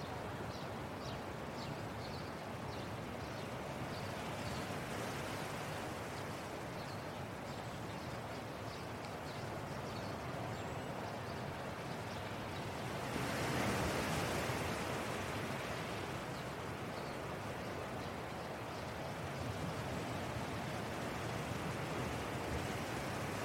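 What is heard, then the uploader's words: Ocean waves roll in a steady, dense wash of surf, swelling into a louder, brighter crash around fourteen seconds before settling back. Beach Waves & Beautiful Views. Ocean Ambience.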